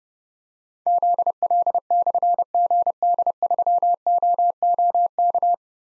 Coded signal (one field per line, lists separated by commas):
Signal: Morse code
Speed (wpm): 30 wpm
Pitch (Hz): 700 Hz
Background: none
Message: ZL/GD3OOK